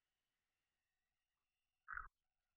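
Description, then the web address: Red-eyed tree frog giving a single short, clucking call near the end, otherwise near silence. Call type 2. "phyllomedusidae Agalychnis-callidryas"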